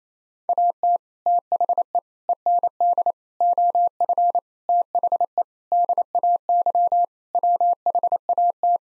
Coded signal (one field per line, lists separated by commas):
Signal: Morse code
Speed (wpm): 28 wpm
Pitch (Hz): 700 Hz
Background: none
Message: AT THE END OF THE DAY WHAT